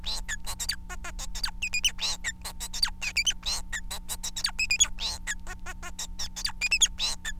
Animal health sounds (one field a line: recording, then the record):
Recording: song of a male Bengalese finch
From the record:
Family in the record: son of father 4